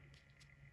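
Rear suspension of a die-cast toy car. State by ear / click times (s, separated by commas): not seated / none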